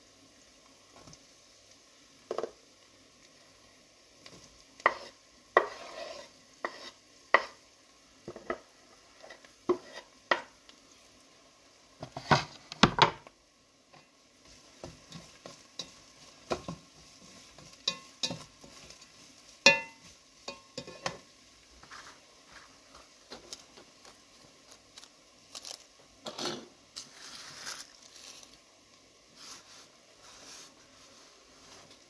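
Irregular sharp knocks of chopping vegetables peak around thirteen seconds, then denser crackly frying onions and stirring take over, with a faint steady hum beneath.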